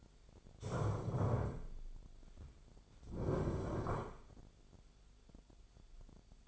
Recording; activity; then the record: daily activity, microphone in the room; stand up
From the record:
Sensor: 5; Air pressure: 1007.9 hPa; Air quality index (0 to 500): 152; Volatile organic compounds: 3 ppm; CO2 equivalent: 1464 ppm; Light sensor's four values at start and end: 57/160/62/62 and 56/160/62/62